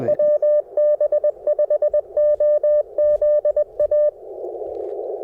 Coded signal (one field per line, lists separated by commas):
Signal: Morse code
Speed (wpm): 21 wpm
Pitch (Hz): 600 Hz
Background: none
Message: WB5OZA